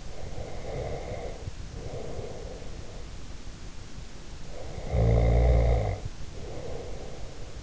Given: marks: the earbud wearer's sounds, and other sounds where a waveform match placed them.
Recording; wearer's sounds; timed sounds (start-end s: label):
sounds in sleep by an in-ear microphone; breath, snoring breath
0.09-3.02 s: breath
4.54-7.63 s: snoring breath